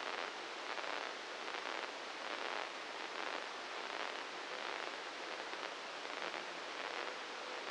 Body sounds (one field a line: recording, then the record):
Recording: brain microelectrode recording played as sound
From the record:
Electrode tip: inside the subthalamic nucleus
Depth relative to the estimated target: -2 mm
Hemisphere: right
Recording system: NeuroSet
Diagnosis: Parkinson's disease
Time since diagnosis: 10 years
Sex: male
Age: 56 years